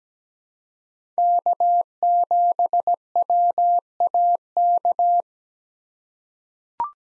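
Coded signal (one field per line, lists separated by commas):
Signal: Morse code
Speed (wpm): 17 wpm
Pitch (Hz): 700 Hz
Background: none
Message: K7WAK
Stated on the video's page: Morse practice: five-character USA call signs at 17 wpm with Farnsworth 2x character spacing, sent for head-copy.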